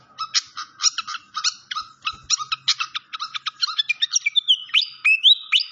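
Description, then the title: Malaysian pied fantail song, evenly spaced clusters of sharp chirps, then drawn-out whistled slides toward the end. Training (masteran) song with a clear voice, mixed with the sound of gurgling water. "Masteran Sikatan Kipas Suara Jernih Dan Suara Gemericik Air"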